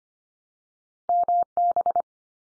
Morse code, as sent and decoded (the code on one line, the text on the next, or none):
-- -...
MB